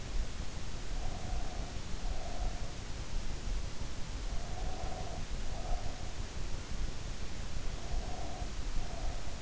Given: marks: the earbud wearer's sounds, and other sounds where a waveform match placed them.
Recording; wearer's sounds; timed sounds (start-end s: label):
sounds in sleep by an in-ear microphone; breath
0.75-3.00 s: breath
4.24-6.26 s: breath
7.72-9.42 s: breath